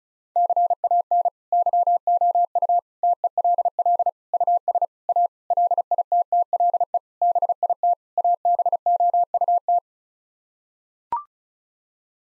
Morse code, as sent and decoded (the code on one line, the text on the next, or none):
-.-. .- -. / -.-- --- ..- / - . .-.. .-.. / ..- ... / .- / .-.. .. - - .-.. . / -... .. - / .- -... --- ..- -
CAN YOU TELL US A LITTLE BIT ABOUT